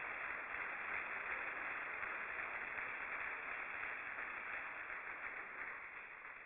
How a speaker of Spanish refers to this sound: Palabra de Dios. Un aplauso a esa bella palabra.